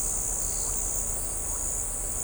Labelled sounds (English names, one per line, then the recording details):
none
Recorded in shrubland near Pivijay, Magdalena, Colombia, on 5 June 2023 at 18:30
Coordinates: 10.453, -74.365
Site P5-G022